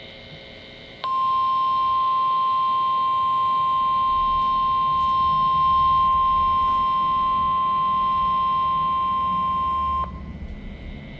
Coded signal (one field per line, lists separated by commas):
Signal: Emergency Alert System (SAME) tones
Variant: 1050 Hz attention tone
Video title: The Rest of June's Tests (New EAS 1,095-1,100)